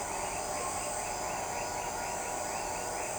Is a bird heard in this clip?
no